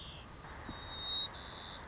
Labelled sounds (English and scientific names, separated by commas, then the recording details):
White-crowned Sparrow (Zonotrichia leucophrys)
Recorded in Sonoma County, California